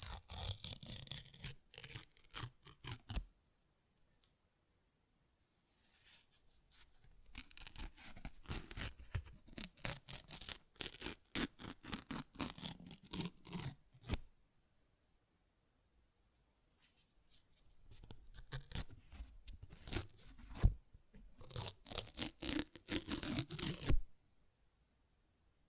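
Paper is ripped and torn in three bursts, at the start, from about 6 to 14 seconds, and from about 17 to 24 seconds. Each burst is a dense run of crackly, rasping strokes reaching bright and high, separated by near silence.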